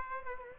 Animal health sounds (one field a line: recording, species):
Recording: mosquito wingbeat signal from an infrared sensor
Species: Aedes aegypti